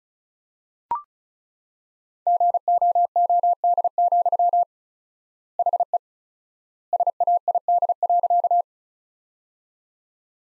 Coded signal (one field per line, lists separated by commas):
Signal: Morse code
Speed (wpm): 34 wpm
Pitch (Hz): 700 Hz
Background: none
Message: GOOD, HE SAID.